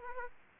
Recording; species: mosquito wingbeat signal from an infrared sensor; Aedes aegypti